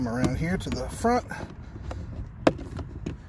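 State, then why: Released. Someone talks as the plastic master window switch panel of a 2007–2012 Nissan Altima is pried up out of the driver door armrest trim. Its plastic locking tabs release with a sharp pop at 2.5 s, followed by a few softer ticks, and the panel pops out.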